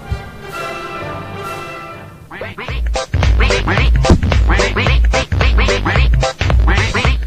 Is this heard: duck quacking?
yes